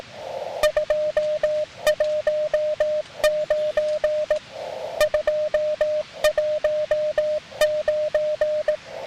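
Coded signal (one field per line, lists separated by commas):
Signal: Morse code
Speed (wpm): 18 wpm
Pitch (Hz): 610 Hz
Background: music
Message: 219 219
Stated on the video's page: Weak 5 W CW with an SW-3B transceiver and paddle from a backpacking camp on the 7 and 10 MHz bands, using a lightweight 5 m wire antenna.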